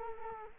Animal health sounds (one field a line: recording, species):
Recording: mosquito wingbeat signal from an infrared sensor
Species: Culex quinquefasciatus